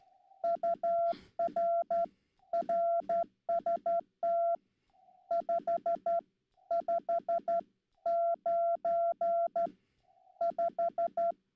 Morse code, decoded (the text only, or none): UR RST 5595